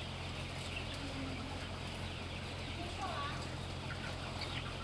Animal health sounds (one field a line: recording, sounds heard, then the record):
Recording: poultry house recording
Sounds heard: healthy chickens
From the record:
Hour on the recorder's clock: 8